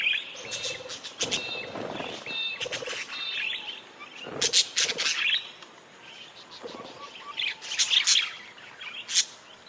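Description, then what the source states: Parakeet flock calls: dense, overlapping high chirps and warbling chatter in bursts, with short scratchy notes and a few sharper squeaks. A flock of parakeets calling together.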